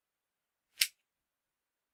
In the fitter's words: That's a good clicky noise.